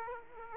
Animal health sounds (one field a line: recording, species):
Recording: mosquito wingbeat signal from an infrared sensor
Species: Aedes aegypti